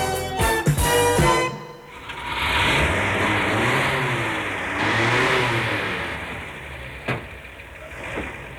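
The engine of a radio broadcast mobile unit van starts with a few sharp knocks, then revs up and down in loud, rising and falling surges before settling into a steady rumble, with no one talking.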